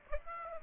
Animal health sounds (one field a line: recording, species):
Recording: mosquito wingbeat signal from an infrared sensor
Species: Aedes aegypti